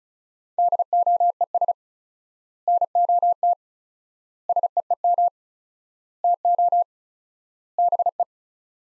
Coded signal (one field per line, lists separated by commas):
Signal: Morse code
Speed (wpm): 34 wpm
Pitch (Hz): 700 Hz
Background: none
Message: DOES NOT SEEM TO BE